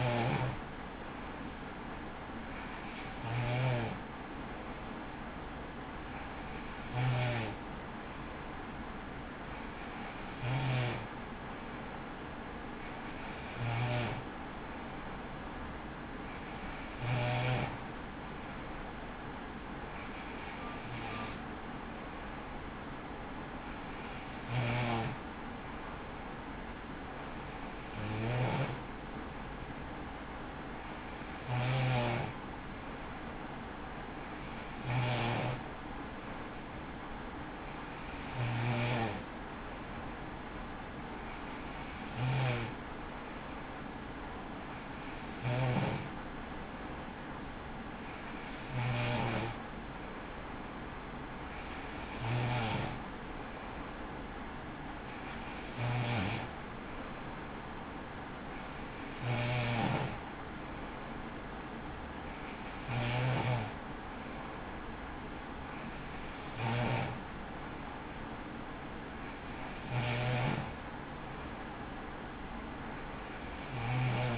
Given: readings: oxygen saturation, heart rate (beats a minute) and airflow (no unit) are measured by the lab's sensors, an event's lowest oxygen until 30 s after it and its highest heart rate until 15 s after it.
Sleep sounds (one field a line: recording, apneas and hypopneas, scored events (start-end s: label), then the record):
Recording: breathing in sleep by a voice recorder at the bedside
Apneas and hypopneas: none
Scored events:
none scored
From the record:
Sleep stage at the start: N3 (deep sleep)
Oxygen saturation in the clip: 94%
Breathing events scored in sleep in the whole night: 83 in 6.1 hours asleep